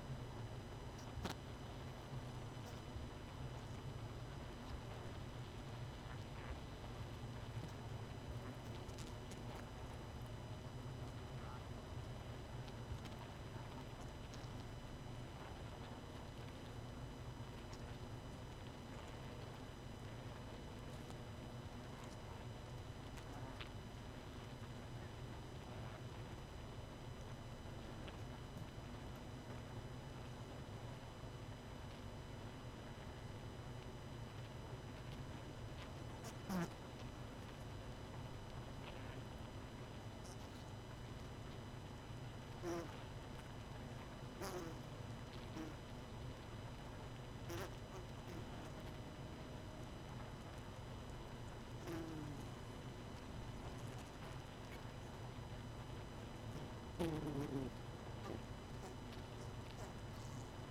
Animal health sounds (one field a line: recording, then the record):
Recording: honeybee colony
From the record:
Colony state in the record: missing queen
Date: 31 May 2018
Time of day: 20:13